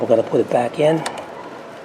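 Someone talks while the previously unplugged wiring harness plug is being put back toward its A/C switch socket on a 2003-2011 Ford Crown Victoria or Mercury Grand Marquis A/C system. The plug is handled but nothing has seated or clicked yet.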